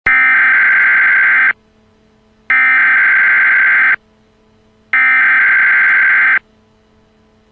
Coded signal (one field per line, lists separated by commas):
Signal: Emergency Alert System (SAME) tones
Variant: header bursts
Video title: EAS: Crabmoment